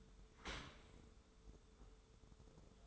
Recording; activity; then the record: daily activity, microphone in the room; open dishwasher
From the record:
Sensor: 3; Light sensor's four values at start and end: 12/26/11/11 and 12/26/11/11